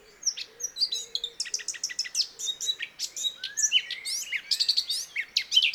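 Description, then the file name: Eurasian blackcap song, a fast, varied warble of high chirps and sweeping notes, running almost without pause through the whole stretch. "Sylvia atricapilla"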